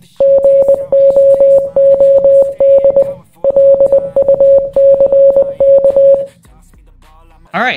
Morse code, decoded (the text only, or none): GOOD LUCK